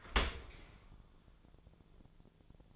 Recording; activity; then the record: daily activity, microphone in the room; open dishwasher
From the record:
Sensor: 5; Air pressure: 1000.6 hPa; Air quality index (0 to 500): 149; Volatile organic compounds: 2 ppm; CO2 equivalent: 1145 ppm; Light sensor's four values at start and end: 40/91/39/43 and 40/92/39/42